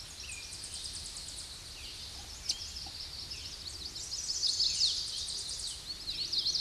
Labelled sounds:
Chestnut-sided Warbler song

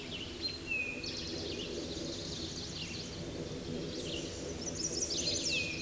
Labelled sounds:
Eastern Towhee song

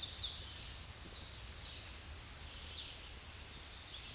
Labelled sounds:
Chestnut-sided Warbler song

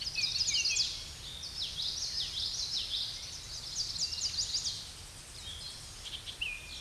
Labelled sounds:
Common Yellowthroat song

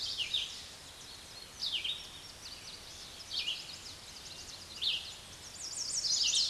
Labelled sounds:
Red-eyed Vireo song

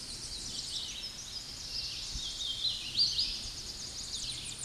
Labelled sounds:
Hooded Warbler song

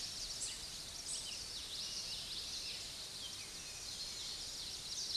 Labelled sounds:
Common Yellowthroat song

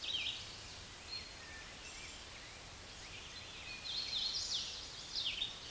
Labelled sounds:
Red-eyed Vireo song

